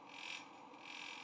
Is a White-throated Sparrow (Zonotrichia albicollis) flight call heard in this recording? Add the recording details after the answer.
no. No flight call is heard. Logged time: 09:33 on 20 November 2014